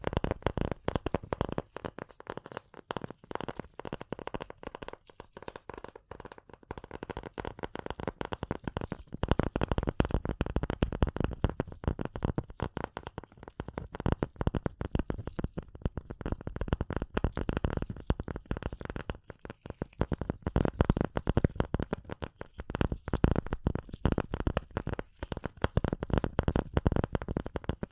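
Tapping and scratching go on without pause for the whole stretch, a dense run of quick, irregular clicks and scrapes with a rough, papery edge. The level jumps around from moment to moment, with busier, louder bursts near ten and again after twenty seconds.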